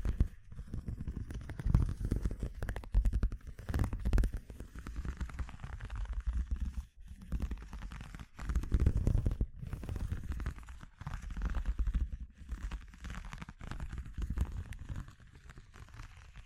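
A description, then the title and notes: Textures are handled and explored in a steady stream of dense crackling, rubbing and tapping sounds with a low, full body and quick clicks throughout. Brief pauses break it up, near seven and eleven seconds, before the busy handling resumes. ASMR Exploring Textures (No Talking).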